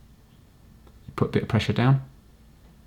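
A small screw is held under light pressure and turned anti-clockwise in the plastic housing of a PS5 DualSense controller to find its original thread during a battery replacement. Someone talks over a quiet background. The screw has not clicked into its thread or seated yet.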